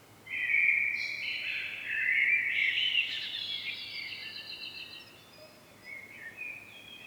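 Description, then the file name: Common blackbird giving a long, dense warbling phrase with higher squeaky notes on top, fading into softer twitters near the end, over quiet steady noise. "Turdus merula"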